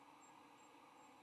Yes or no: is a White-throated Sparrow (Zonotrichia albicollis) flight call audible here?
no